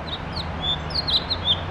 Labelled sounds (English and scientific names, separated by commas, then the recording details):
House Finch (Haemorhous mexicanus) song
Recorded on Long Island, New York, on 7 June 2011
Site MV
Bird A